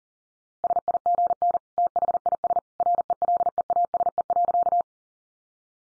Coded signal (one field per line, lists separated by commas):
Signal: Morse code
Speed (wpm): 40 wpm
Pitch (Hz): 700 Hz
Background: none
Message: SIGN THIS RELEASE.